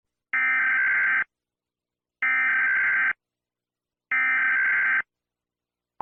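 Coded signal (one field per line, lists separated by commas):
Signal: Emergency Alert System (SAME) tones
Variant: header bursts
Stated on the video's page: Fictional practice EAS scenario, not a real emergency.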